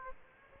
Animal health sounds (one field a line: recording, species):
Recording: mosquito wingbeat signal from an infrared sensor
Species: Aedes aegypti